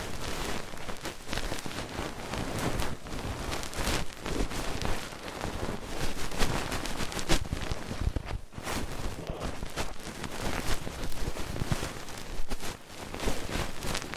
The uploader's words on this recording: ASMR Twin Ear Cleaning to Put You in a Coma (No Talking).